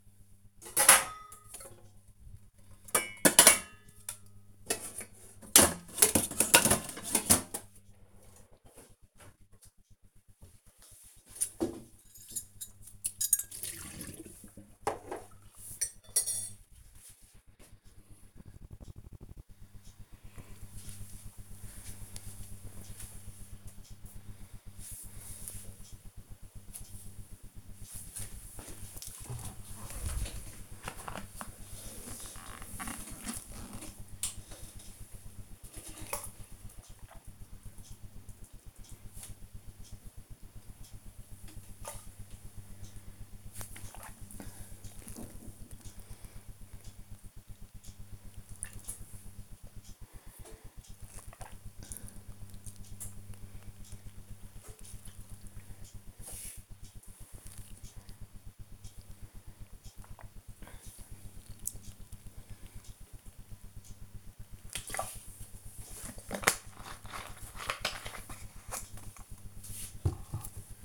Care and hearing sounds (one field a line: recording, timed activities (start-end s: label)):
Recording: household activities, microphone on the right wrist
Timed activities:
0.00-8.60 s: putting away the dishes
30.75-65.01 s: drinking